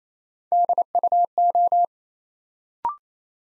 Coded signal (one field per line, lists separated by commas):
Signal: Morse code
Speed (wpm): 29 wpm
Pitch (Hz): 700 Hz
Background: none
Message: DUO